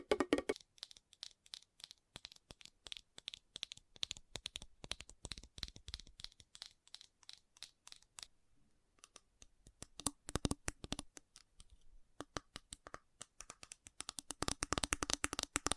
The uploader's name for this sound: Fast Tapping